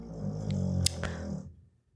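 One low, rumbling, slightly rattling breath lasts about one and a half seconds and then fades into quiet. It is a pet dog's snore, a vibration of the soft tissues of the throat during sleep, heard in the background in a small room.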